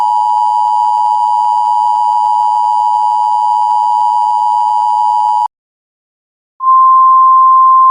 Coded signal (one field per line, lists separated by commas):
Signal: Emergency Alert System (SAME) tones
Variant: 853 and 960 Hz attention tone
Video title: Brookhaven EAS 2 - Tornado Warning!!!